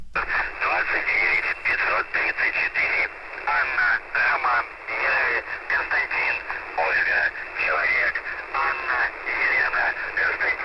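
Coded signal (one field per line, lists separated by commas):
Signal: numbers station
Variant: UVB-76 voice message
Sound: a voice reading a message over a narrow, hissy radio channel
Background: radio static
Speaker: A tutaj, tutaj ogólnie to już podam w całości. 2934.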